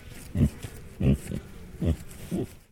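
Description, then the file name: Tamworth pig grunting, four short low grunts spaced about two-thirds of a second apart, with a soft fainter grunt between the second and third. Tamworth pig, grunt sequence. "ANIMAL PIG TAMWORTH HAMISH GRUNT SEQUENCE"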